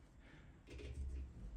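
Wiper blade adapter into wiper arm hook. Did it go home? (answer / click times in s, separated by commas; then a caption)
no / none. On a Honda Jazz, the rounded end of a wiper blade adapter is pushed up into the hooked end of the wiper arm. The clip holds quiet handling noise that grows louder and rumbles from about 0.7 s. It ends before the blade goes home, so nothing has snapped or seated yet.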